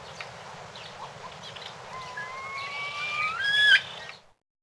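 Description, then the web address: Bird giving one drawn-out whistled call that rises slowly, then swings sharply upward at the end, heard over background noise. "Peterson North American Birds. hisn"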